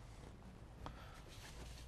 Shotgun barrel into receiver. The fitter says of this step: So don't force it. Don't force it. It'll click into place.